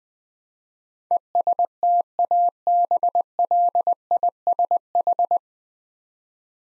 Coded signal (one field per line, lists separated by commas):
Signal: Morse code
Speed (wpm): 20 wpm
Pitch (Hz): 700 Hz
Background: none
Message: ESTABLISH